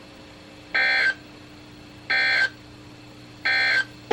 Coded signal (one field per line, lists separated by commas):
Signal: Emergency Alert System (SAME) tones